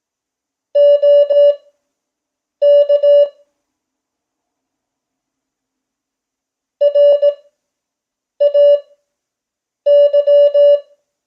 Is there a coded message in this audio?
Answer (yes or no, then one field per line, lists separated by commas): yes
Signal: Morse code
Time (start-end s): 0.8-10.8 s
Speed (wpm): 18 wpm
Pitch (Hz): 580 Hz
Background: none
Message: OK RAY